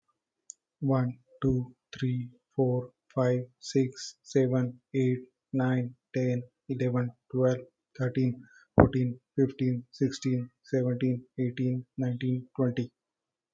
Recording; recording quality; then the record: counting at a normal pace; excellent, no background noise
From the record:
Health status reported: healthy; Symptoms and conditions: none ticked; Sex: male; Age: 33 years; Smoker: not ticked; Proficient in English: yes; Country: India